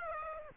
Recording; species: mosquito wingbeat signal from an infrared sensor; Aedes aegypti